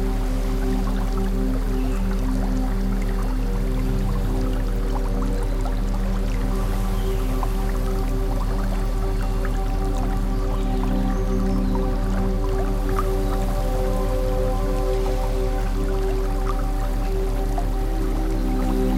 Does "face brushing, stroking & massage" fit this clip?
no